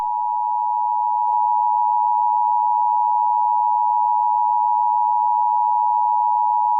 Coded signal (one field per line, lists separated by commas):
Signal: Emergency Alert System (SAME) tones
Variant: 853 and 960 Hz attention tone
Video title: EAS Scenario 1: The Washington Rebellion